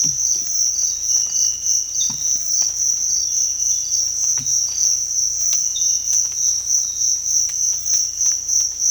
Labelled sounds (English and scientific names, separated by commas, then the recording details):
none
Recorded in dense forest near Puerto Asís, Putumayo, Colombia, on 18 December 2024 at 06:00
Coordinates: 0.481, -76.323
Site G100